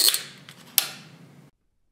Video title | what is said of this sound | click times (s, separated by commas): ReliaTack™ Articulating Reloadable Fixation Device with Standard & Deep Purchase Tacks | an audible click will confirm that the squeeze has been completed | 0.8 s